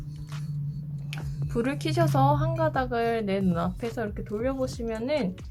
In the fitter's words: 딸깍 소리가 날 때까지 끼워주시고 불을 켜주시면 됩니다.